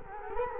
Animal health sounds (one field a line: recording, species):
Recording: mosquito wingbeat signal from an infrared sensor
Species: Culex quinquefasciatus